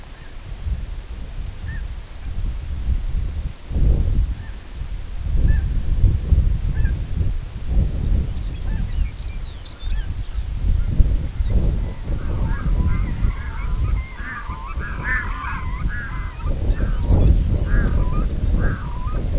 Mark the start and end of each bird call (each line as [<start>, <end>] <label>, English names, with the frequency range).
[0.11, 0.36] Snow Goose (0.6-2.1 kHz)
[1.60, 1.82] Snow Goose (0.5-2.1 kHz)
[4.33, 4.56] Snow Goose (0.7-2.2 kHz)
[5.44, 5.64] Snow Goose (0.6-2.9 kHz)
[6.70, 6.94] Snow Goose (0.9-2.9 kHz)
[8.18, 10.67] Lapland Longspur (2.0-6.7 kHz)
[8.63, 8.83] Snow Goose (0.6-2.8 kHz)
[9.92, 10.09] Snow Goose (0.4-2.1 kHz)
[10.72, 10.92] Snow Goose (0.8-2.5 kHz)
[11.33, 11.57] Snow Goose (0.7-2.4 kHz)
[11.78, 19.22] Red-throated Loon (0.5-3.1 kHz)
[16.60, 17.47] Lapland Longspur (3.1-4.6 kHz)
[18.72, 18.90] Lapland Longspur (5.7-6.2 kHz)